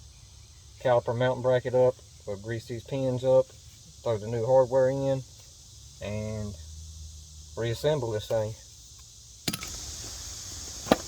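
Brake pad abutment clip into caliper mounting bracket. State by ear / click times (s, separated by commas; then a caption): seated / 9.5 s, 10.9 s. Someone talks, then new metal brake pad abutment clips are pressed into the caliper mounting bracket during reassembly of the brakes on a Honda CR-V with a Detroit Axle kit. Sharp metallic clicks are heard at 9.5, 9.5 and 10.9 seconds as the clips snap into place and seat in the bracket.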